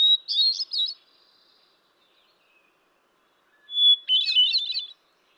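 Hermit thrush song: a fluty warbled phrase fading out, a pause, then another beginning with a long clear whistle and ending in a spiraling flurry of notes.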